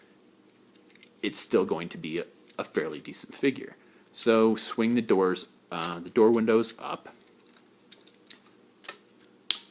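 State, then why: Seated. Someone talks while the plastic door and window panels of a Toyworld Grind Rod (Roll Bar) transforming robot toy vehicle are swung up and then folded back down. A few faint ticks follow, then a sharp click at 9.5 s as the panel snaps back into its locked position.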